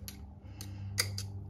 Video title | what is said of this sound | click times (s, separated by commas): Harley Davidson Chrome Fork Install. | now with the screwdriver you're going to hear it click | 1.0 s